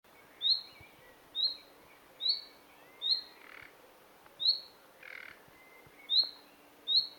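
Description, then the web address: Common nightingale giving short rising whistled calls about once a second, with a few faint scratchy notes between them. "SETE data Luscinia megarhynchos"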